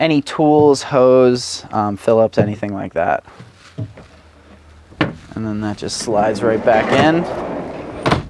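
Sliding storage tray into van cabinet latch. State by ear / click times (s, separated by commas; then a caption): seated / 8.1 s. A slide-out storage tray under a lift-up section of an extended Ford camper van build is pushed back into its cabinet while someone talks. A sharp latch click at 8.1 s marks the tray locking in place.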